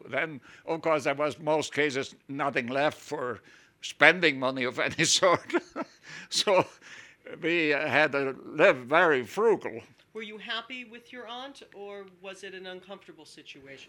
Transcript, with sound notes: Then, of course, there was in most cases nothing left for spending money of any sort. (he laughs) So we had to live very frugal.
Were you happy with your aunt or was it an uncomfortable situation?